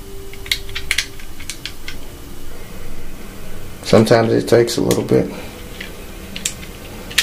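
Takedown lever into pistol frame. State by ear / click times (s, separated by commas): not seated / none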